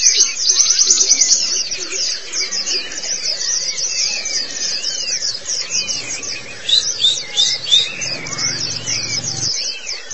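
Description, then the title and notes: White-eye song: fast, high twittering, densest at the start, then scattered chirps, with a low steady hum near the end. "Kicauan Burung Pleci Durasi Panjang. Suara kicauan burung pleci"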